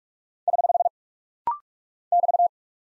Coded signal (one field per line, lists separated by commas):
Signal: Morse code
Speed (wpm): 44 wpm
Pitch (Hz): 700 Hz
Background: none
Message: <HH> <BT>